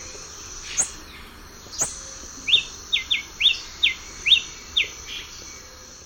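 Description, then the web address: Masked crimson tanager song: a run of several sharp, high notes in quick succession, after two earlier thin, higher notes, over a faint steady hum. Recorded in the eastern lowlands of South America. "Nature Songs S America Eastern Lowlands. Masked Crimson Tanager"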